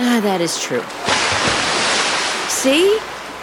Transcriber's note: huge splash